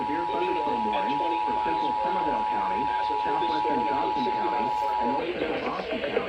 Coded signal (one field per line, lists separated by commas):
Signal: Emergency Alert System (SAME) tones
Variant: 853 and 960 Hz attention tone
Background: speech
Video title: The rest of April’s scrimmage - EAS Alerts from Mid-Late April and early May [EAS #859-907]